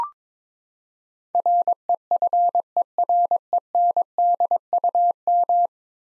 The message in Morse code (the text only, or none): REFERENDUM